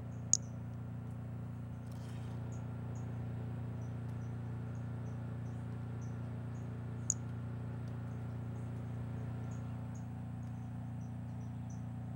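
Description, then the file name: White-lined pumpkin toadlet call, two short high-pitched notes roughly seven seconds apart, with many soft high ticks and a steady low hum throughout. "Brachycephalus albolineatus"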